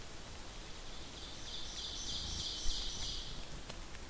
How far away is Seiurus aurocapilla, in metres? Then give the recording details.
about 60 m. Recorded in boreal forest in Alberta, Canada, on 8 June 2016 at 08:42. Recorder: SongMeter 3, array SBT-3-9. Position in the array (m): 165 m, 151 m. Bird 35